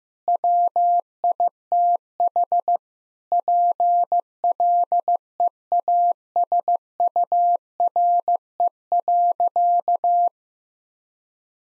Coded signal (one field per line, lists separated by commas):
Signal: Morse code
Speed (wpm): 15 wpm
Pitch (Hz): 700 Hz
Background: none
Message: WITH PLEASURE.